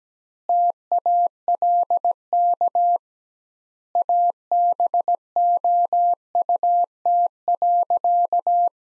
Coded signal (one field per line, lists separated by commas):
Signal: Morse code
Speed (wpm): 17 wpm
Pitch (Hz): 700 Hz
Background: none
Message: TALK ABOUT.